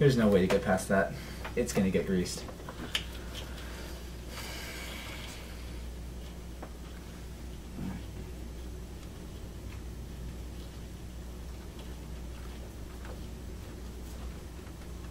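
A spark plug cable end on a 2005–2008 V6 Mustang is handled and slid toward its mount while someone talks over the first few seconds. A short sharp sound at 2.95 s is followed by faint handling noises over low background hum. Nothing has seated or clicked yet.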